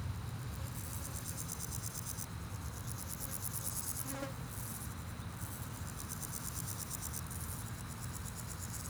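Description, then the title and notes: Grasshopper stridulation, rapid pulsed high buzzing in several long bursts with short pauses, over a constant low rumble of traffic. Grasshoppers on a sunny day at Chaussée de Tervueren, Pins Noirs, Auderghem, Brussels, Belgium, with car traffic; recorded with DPA 4060 AB pair into Zoom F3. "Chaussée de Tervueren, Pins Noirs, Auderghem, Bruxelles-Capitale, 1160, Belgique - Sauterelles - Grasshoppers. Sunny day, grasshoppers, bikes, cars, tram 44. Journée ensoleillée, sauterelles, vélos, voitures, tram 44"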